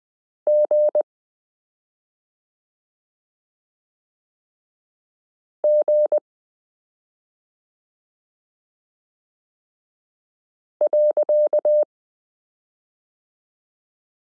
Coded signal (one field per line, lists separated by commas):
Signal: Morse code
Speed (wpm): 20 wpm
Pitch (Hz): 600 Hz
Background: none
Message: G G .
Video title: Morse Code Listening Lesson 24 - i (.)period n j e f (0)zero y (,)comma v g 5 (/)slash q